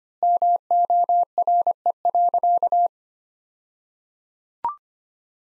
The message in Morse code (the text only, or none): MORE.